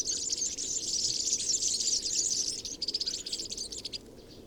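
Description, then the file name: European serin pouring out a loud, rapid, sizzling jingle of high twittering notes, breaking into clipped stuttering pieces before falling quiet. Recorded 22 January 2017 at Binsham. "Girlitz. Binsham. Susanne Rieck"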